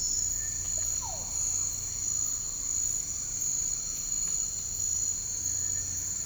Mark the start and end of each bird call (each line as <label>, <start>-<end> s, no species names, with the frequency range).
bird call (0.3-2.5 kHz), 0.18-1.35 s
bird call (1.1-2.2 kHz), 5.50-6.12 s